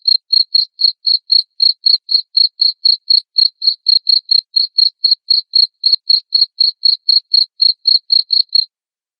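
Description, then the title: Cricket chirping, a steady series of short, high, pure pulses about four per second, evenly repeated with no other sounds. Loud cricket chirping played to make lovebirds keep singing 'ngekek'. "Suara JANGKRIK NGERIK Keras Bikin LOVEBIRD Jadi NGEKEK Terus Vubey"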